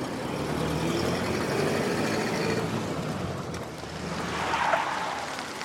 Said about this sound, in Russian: Машина останавливается.